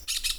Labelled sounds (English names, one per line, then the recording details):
Brown-throated Parakeet contact call
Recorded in Venezuela
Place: Tumeremo, Edo. Bolivar; Cerca de la casa de Los Guaicas. Corral de los caballos. Varias matas con comejenes
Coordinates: 7.218, -61.386